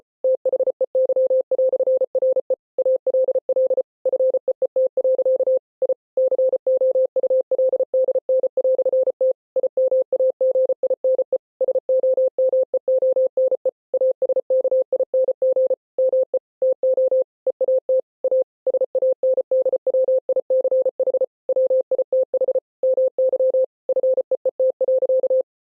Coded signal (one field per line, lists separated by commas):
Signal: Morse code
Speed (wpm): 33 wpm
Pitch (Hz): 520 Hz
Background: none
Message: THEY"RE ALL FEET. I COULDN"T IMAGINE SOMEONE ASKING ME TO EAT A SANDWICH WITH MY FEET.